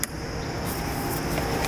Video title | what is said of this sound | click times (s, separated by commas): '02 Lexus RX300 Stall After Starting (Idle Air Control Valve Fix) | you'll put it on and you'll hear a click when it's all the way seated and | 0.0 s